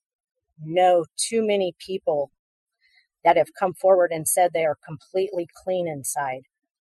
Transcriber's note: none